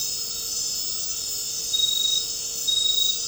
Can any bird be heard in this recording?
no